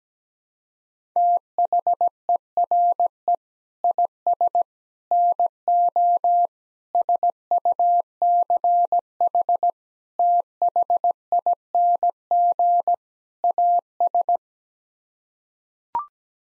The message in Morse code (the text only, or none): THERE IS NO SUCH THING AS